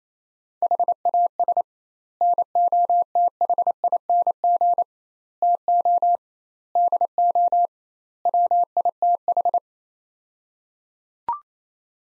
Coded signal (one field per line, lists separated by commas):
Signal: Morse code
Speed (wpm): 28 wpm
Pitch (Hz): 700 Hz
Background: none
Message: HAS NOTHING TO DO WITH